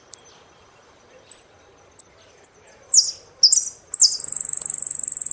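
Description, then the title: Saffron finch gives a few sparse high chips, then sweeping notes that lead into a rapid, buzzy trill. "Jilguero Argentino"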